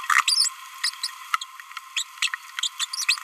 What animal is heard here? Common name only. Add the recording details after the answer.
Green-rumped Parrotlet. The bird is a male. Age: 27 days. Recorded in a nest box in Venezuela. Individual 17B31A2